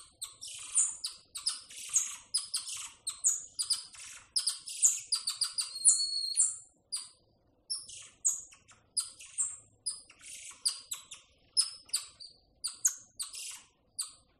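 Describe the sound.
Tamarin calls: quick series of sharp, very high chirps, some with short whistled notes, repeated in bursts throughout.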